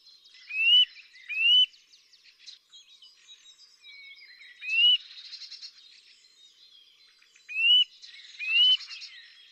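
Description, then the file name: Eurasian nuthatch giving five sharp rising whistled calls, mostly in pairs, with faint twittering in the background. "Sitta europaea"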